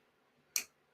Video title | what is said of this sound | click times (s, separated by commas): LETS DO THIS | has a pretty solid click | 0.6 s